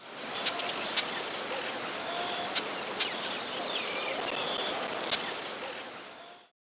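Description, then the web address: Subtropical doradito calls: five isolated, sharp, very high ticks spaced irregularly over several seconds against a quiet hiss. Ecuador. "Birds of Ecuador 3-01 Subtropical Doradito"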